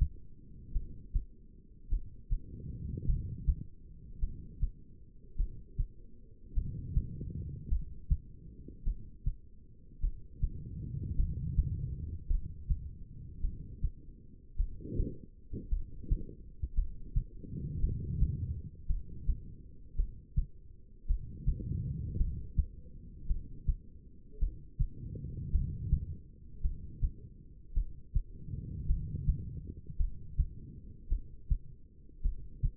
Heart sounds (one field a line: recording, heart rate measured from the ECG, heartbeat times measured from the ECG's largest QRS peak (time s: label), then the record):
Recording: heart sounds by stethoscope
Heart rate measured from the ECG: 53 bpm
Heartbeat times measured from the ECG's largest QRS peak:
0.72 s: heartbeat
1.89 s: heartbeat
3.06 s: heartbeat
4.19 s: heartbeat
5.36 s: heartbeat
6.53 s: heartbeat
7.68 s: heartbeat
8.83 s: heartbeat
10.00 s: heartbeat
11.16 s: heartbeat
12.27 s: heartbeat
13.40 s: heartbeat
14.56 s: heartbeat
15.69 s: heartbeat
16.74 s: heartbeat
17.80 s: heartbeat
18.86 s: heartbeat
19.95 s: heartbeat
21.06 s: heartbeat
22.17 s: heartbeat
23.26 s: heartbeat
24.38 s: heartbeat
25.51 s: heartbeat
26.61 s: heartbeat
27.73 s: heartbeat
28.86 s: heartbeat
29.97 s: heartbeat
31.08 s: heartbeat
32.21 s: heartbeat
From the record:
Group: heart failure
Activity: rest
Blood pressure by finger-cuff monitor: 84/60 mmHg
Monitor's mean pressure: 67 mmHg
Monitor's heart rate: 54 bpm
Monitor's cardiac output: 2.5 L/min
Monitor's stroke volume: 48 mL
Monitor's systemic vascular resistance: 1870 dyn s/cm5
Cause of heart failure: non-ischemic cardiomyopathy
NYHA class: 1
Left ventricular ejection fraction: 52%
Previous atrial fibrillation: present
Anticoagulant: apixaban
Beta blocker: bisoprolol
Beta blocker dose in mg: 10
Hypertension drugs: sacubitril-valsartan, spironolactone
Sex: female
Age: 68 years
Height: 169 cm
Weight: 71 kg